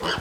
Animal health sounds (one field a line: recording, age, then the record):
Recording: pig call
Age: piglet (1 to 25 days)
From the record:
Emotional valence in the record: positive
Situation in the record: huddling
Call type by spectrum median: low-frequency call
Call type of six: high-frequency stable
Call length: 0.20 s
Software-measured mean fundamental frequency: 232 Hz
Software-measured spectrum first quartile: 711 Hz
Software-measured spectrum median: 1496 Hz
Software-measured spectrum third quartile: 2935 Hz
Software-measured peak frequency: 440 Hz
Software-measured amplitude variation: 103 dB a second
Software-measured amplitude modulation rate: 14.6 a second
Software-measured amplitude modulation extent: 7.0 dB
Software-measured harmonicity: 0.2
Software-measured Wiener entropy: -1.55